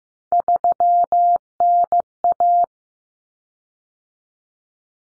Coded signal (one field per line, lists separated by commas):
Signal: Morse code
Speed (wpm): 15 wpm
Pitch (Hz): 700 Hz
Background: none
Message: 3NA